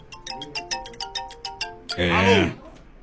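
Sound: telephone ringing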